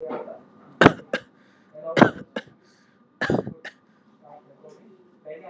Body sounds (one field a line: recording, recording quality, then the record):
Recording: shallow voluntary cough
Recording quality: excellent, no background noise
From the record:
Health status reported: exposed to COVID-19, no respiratory illness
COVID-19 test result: not tested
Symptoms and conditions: none ticked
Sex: male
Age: 31 years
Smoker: not ticked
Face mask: not worn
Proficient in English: yes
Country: India